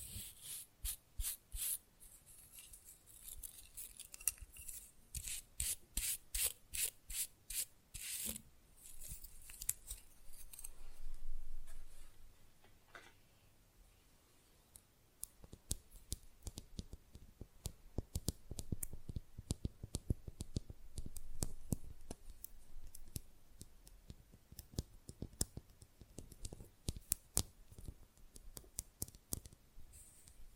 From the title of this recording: Manicure Session Fast & Rough Nail Filing + Tapping